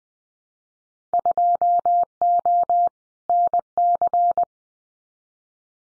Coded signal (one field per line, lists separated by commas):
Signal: Morse code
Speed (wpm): 20 wpm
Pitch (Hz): 700 Hz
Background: none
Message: 2O NC